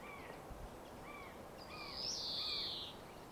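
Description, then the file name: European greenfinch giving one long, drawn-out buzzy wheeze, high and nasal, after several soft curved whistles. "Chloris chloris"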